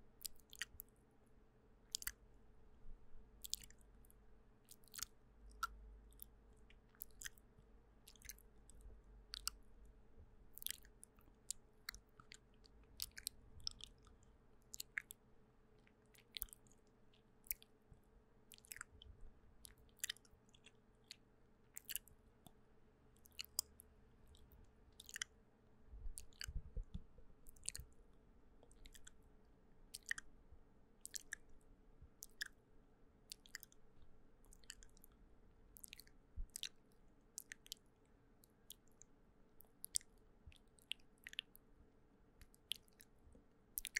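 Mouth sounds and hand movements: sharp, crisp clicks and crackles land every second or so throughout, some in quick pairs, like wet chewing or biting. Beneath them runs a low, steady hum, with soft rumbling brushes and thumps swelling now and then.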